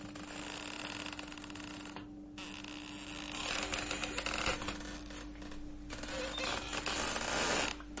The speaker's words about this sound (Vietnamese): Thầy khẽ đưa tay đẩy nhẹ vào cánh cửa gỗ, bên trong không chốt. Một tiếng kêu ken két vang lên, buốt cả tai.